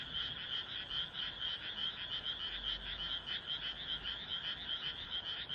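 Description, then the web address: Frogs calling together, quick pulsed croaks running continuously in an uneven rhythm over faint low background noise. "kaeru kaeru"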